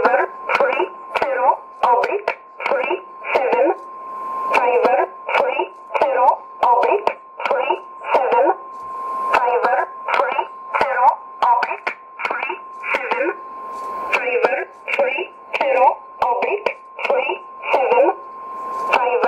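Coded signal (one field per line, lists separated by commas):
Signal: numbers station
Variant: E11 Oblique, English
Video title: 05 04 2017 Numbers station E11 Oblique in English to Eu 0902 on 9399 in USB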